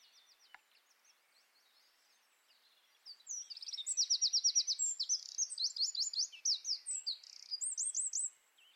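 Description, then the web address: Bird song: a few faint high chirps, then from about three seconds a loud, fast run of high trilled and buzzy notes, with sweeping phrases repeating rapidly to the end. "Deverinetal 2025 File origin Bird Only"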